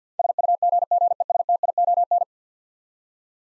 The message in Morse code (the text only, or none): SUGGESTION